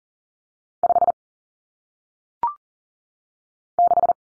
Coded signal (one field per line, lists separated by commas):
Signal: Morse code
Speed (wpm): 40 wpm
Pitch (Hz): 700 Hz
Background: none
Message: 5 6